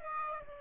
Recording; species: mosquito wingbeat signal from an infrared sensor; Aedes aegypti